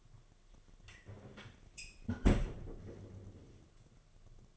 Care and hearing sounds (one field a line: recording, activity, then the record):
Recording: daily activity, microphone in the room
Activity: close fridge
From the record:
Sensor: 4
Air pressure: 1005.5 hPa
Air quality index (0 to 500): 174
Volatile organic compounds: 5 ppm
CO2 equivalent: 1717 ppm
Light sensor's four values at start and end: 5/11/4/4 and 6/13/5/4